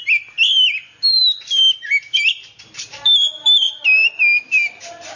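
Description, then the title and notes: Oriental magpie-robin singing varied, sweet whistled notes and slurred phrases. "suara kacer. kumpulan suara burung kacer"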